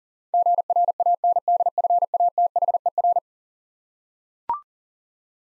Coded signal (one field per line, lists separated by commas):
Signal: Morse code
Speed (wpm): 40 wpm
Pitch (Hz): 700 Hz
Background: none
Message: GRANDFATHER